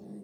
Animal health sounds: pig call; piglet (1 to 25 days)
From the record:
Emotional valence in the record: negative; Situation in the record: short isolation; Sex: male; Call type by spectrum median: low-frequency call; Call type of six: low-frequency stable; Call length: 0.23 s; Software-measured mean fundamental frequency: 51 Hz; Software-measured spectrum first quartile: 200 Hz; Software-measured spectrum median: 257 Hz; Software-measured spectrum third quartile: 420 Hz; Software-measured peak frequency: 208 Hz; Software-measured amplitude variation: 102 dB a second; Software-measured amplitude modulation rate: 25.6 a second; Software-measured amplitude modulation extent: 4.0 dB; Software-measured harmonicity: 5.0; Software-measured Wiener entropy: 0.34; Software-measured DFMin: 1132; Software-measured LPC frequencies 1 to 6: 270, 1905, 3776, 4436, 5371, 6185 Hz

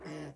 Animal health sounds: pig call; piglet (1 to 25 days)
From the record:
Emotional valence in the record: negative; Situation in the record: restrain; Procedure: sham castration, cut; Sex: male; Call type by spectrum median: low-frequency call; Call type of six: low-frequency tonal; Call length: 0.35 s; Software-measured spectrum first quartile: 275 Hz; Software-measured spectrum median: 504 Hz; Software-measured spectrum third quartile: 1429 Hz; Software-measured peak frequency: 308 Hz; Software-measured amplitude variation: 83 dB a second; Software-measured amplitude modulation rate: 18.5 a second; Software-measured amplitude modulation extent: 4.5 dB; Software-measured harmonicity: 0.8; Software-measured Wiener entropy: -1.06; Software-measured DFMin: 1226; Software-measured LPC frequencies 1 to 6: 429, 1975, 2919, 3991, 5081, 5704 Hz

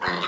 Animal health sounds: pig call; piglet (1 to 25 days)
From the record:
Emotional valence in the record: negative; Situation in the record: missed nursing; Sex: male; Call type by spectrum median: low-frequency call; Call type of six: low-frequency tonal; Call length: 0.29 s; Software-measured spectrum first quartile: 845 Hz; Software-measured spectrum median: 1452 Hz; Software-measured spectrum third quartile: 2409 Hz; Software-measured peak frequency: 1260 Hz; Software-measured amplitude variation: 115 dB a second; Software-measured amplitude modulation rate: 15.7 a second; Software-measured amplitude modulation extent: 7.3 dB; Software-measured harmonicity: -0.5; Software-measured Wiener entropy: -0.91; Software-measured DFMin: 468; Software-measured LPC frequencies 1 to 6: 1148, 1862, 2853, 3682, 4108, 4954 Hz

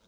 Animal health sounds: pig call; piglet (1 to 25 days)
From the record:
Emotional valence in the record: positive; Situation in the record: short reunion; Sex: male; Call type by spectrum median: low-frequency call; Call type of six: low-frequency tonal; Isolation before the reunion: 3 minutes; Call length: 0.08 s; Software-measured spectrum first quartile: 364 Hz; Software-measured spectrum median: 1447 Hz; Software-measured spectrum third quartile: 4196 Hz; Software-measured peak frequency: 198 Hz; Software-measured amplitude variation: 42 dB a second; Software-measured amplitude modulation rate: 6.0 a second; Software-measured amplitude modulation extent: 6.9 dB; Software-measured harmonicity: 2.0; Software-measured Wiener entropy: -1.32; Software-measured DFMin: 653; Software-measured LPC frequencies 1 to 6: 521, 1379, 2439, 3699, 4882, 6088 Hz

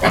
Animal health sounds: pig call; piglet (1 to 25 days)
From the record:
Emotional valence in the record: positive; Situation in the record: reunion after long isolation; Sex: male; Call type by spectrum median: low-frequency call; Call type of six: low-frequency tonal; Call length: 0.11 s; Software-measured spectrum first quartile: 475 Hz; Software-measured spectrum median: 946 Hz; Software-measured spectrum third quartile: 1886 Hz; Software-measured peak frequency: 648 Hz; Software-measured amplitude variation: 80 dB a second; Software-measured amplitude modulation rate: 4.6 a second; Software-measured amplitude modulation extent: 17.6 dB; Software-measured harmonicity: -0.7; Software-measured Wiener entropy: -1.16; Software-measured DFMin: 466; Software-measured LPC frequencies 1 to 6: 680, 1376, 2076, 3153, 4279, 6600 Hz

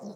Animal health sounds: pig call; piglet (1 to 25 days)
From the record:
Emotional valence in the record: negative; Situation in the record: long isolation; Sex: female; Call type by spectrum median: low-frequency call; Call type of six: low-frequency modulated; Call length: 0.15 s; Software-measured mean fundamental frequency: 68 Hz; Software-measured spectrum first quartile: 209 Hz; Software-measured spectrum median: 368 Hz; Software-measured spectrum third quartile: 727 Hz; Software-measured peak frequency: 206 Hz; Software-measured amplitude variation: 92 dB a second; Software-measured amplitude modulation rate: 3.2 a second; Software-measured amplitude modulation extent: 28.4 dB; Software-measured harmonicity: 4.9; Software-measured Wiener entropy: -0.20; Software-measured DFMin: 1437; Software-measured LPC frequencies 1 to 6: 517, 4128, 5360, 5865, 7206, 8437 Hz

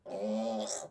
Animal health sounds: pig call; piglet (1 to 25 days)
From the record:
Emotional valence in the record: negative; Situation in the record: restrain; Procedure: back test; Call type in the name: low-frequency call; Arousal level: medium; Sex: female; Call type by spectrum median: low-frequency call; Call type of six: mixed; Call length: 0.91 s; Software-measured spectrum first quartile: 455 Hz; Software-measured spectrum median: 910 Hz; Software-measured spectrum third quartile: 6046 Hz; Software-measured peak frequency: 552 Hz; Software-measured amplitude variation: 126 dB a second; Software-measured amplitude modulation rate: 25.3 a second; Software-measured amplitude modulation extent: 5.0 dB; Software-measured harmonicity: 3.6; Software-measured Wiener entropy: -3.92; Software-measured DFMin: 959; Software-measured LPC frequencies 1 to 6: 586, 2310, 3430, 5713, 6512, 7686 Hz

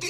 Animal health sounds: pig call; weaner (32 to 43 days)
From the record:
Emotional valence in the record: negative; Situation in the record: short isolation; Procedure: open field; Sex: female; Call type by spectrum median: high-frequency call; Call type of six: high-frequency stable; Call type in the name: high-frequency stable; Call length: 0.09 s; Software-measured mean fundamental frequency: 346 Hz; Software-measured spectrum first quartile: 1463 Hz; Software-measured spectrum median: 3060 Hz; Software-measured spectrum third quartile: 5477 Hz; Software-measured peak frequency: 371 Hz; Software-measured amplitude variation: 37 dB a second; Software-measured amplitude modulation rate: 10.6 a second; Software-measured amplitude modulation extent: 3.5 dB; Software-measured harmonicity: 3.0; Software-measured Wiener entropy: -1.78

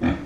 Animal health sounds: pig call; growing-finishing pig (85 days or more)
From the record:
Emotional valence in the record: negative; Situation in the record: barren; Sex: female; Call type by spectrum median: low-frequency call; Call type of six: low-frequency stable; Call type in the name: low-frequency stable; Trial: 1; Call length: 0.26 s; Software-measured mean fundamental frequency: 64 Hz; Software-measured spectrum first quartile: 217 Hz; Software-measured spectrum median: 330 Hz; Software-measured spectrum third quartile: 1000 Hz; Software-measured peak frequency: 259 Hz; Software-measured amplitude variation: 139 dB a second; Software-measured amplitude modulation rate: 21.6 a second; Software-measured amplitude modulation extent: 6.4 dB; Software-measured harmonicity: 2.0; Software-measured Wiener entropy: -1.34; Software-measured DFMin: 502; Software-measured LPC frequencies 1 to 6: 1739, 2380, 3390, 4292, 5562, 6474 Hz

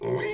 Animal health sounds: pig call; weaner (32 to 43 days)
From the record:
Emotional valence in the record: negative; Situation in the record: novel object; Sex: female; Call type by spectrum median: low-frequency call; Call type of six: high-frequency modulated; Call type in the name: high-frequency modulated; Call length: 0.34 s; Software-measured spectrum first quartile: 389 Hz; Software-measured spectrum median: 1011 Hz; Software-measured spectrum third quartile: 4576 Hz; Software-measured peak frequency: 390 Hz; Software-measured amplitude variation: 93 dB a second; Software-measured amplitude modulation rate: 19.2 a second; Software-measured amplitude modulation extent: 4.9 dB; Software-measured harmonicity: 4.5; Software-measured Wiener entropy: -3.90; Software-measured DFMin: 909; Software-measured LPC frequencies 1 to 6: 437, 2023, 3302, 4418, 5169, 5588 Hz

